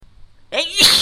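After half a second of quiet, a brief voiced intake rises in pitch and then bursts into a loud, hissing expulsion: a single sneeze, with no other sounds.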